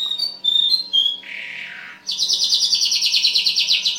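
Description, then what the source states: Bimaculated lark giving high whistled notes, a harsh buzzy burst, then a fast high rattling trill. Recorded in Afghanistan.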